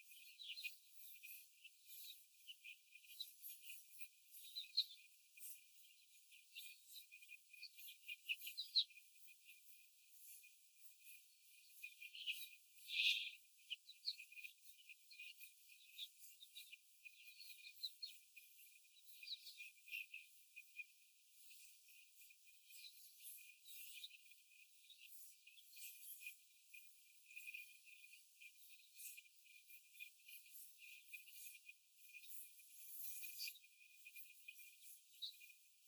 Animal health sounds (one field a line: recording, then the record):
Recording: young laying hens in a cage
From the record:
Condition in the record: before the stressor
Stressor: simulated dog barking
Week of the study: 4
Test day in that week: 1